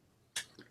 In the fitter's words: It just snaps right into place.